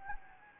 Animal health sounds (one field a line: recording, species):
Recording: mosquito wingbeat signal from an infrared sensor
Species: Anopheles gambiae